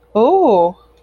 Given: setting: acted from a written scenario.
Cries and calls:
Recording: vocal sound without words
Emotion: interest

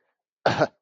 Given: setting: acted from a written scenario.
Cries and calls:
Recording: vocal sound without words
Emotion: contempt

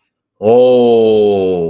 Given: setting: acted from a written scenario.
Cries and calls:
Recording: vocal sound without words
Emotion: awe

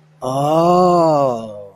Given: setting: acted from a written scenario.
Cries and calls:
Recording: vocal sound without words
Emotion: realization

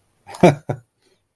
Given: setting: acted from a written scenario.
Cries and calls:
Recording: vocal sound without words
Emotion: amusement

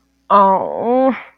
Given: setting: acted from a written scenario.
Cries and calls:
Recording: vocal sound without words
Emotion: guilt

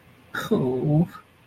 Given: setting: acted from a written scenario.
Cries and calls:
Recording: vocal sound without words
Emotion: sadness

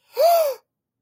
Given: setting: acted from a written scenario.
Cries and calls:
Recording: vocal sound without words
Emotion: fear

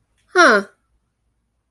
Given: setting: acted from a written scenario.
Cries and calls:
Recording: vocal sound without words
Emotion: interest

